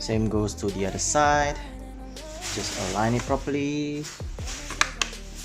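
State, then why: Seated. Someone talks over background music while aligning the plastic visor, now fitted with its Pinlock anti-fog insert, on the second side pivot mount of an HJC RPHA 11 Pro (Minion / Otto Minion) motorcycle helmet and pushing it home. Two sharp clicks are heard at 4.8 s and 5.0 s as the visor snaps onto the pivot and seats.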